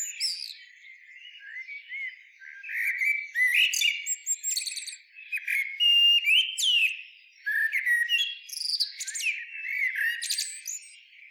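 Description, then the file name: Common blackbird song, warbled phrases rising and falling, repeatedly broken by thin, very high squeaky twitters and sweeping notes, with brief pauses between bursts. "Turdus merula"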